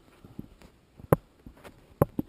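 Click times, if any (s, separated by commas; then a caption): 1.1 s, 2.0 s. A loose single-pin bullet connector on the neutral indicator wire of a motorcycle wiring harness is pushed back together by hand, with faint handling rustles between the sounds. Two sharp clicks land at 1.1 s and 2.0 s, followed by softer taps, and the connector is seated firmly.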